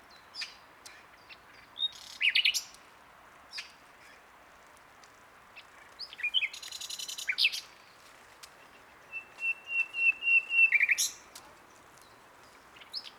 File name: Luscinia megarhynchos